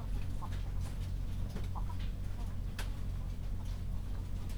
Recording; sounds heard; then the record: poultry house recording; sick chickens (respiratory disease)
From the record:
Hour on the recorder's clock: 22